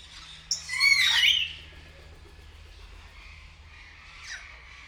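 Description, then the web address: Grey parrot giving one loud, harsh, wavering call with a whistled tone mixed in, followed by a faint short call near the end. Captive bird at Nyíregyháza Zoo, recorded in 2019; longer recording. "allathangok nyiregyhazizoo 2019 professzionalis jako papagaj hosszabban nyiregyhaza"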